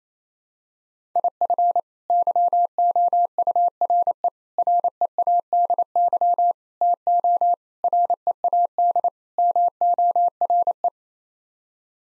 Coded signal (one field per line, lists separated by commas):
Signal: Morse code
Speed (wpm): 28 wpm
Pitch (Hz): 700 Hz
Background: none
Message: IF YOURE READY TO READ MORE